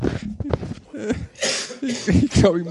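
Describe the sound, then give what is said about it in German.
Someone blows their nose in a few loud, hissing bursts, broken up by short voiced grunts and sniffling sounds in between. “Jetzt muss ich mir mal eben kurz die Nase putzen.”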